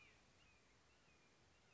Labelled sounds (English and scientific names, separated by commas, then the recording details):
Red-shouldered Hawk (Buteo lineatus)
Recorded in Sonoma County, California